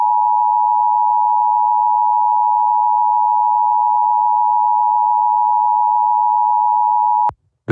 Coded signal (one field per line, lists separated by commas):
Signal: Emergency Alert System (SAME) tones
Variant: 853 and 960 Hz attention tone